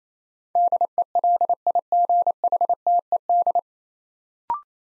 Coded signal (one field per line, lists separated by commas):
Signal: Morse code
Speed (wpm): 27 wpm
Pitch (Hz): 700 Hz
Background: none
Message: DELIGHTED